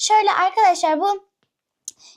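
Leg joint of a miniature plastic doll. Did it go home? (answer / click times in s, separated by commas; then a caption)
yes / 1.9 s. Someone talks, then the leg joint of a tiny plastic doll is bent into a sitting position and gives a sharp click at 1.9 s, followed by faint handling sounds. The joint seats so the doll can sit, a snap that makes it seem as if it broke.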